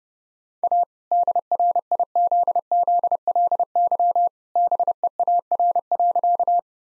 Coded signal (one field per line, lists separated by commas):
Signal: Morse code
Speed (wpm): 28 wpm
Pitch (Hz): 700 Hz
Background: none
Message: A DRIZZLY BEAR.